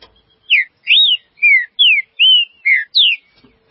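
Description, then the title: Green-winged saltator song: a run of seven clear, slurred whistled notes, some rising and some falling, delivered rapidly over about three seconds. "Trinca Ferro"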